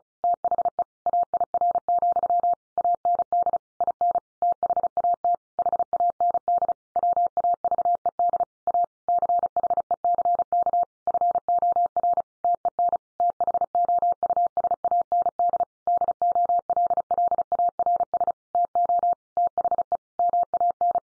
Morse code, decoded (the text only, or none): THE AIR, AND IN THAT HAND WAVED A CHECK FOR TEN THOUSAND DOLLARS TO THE MAN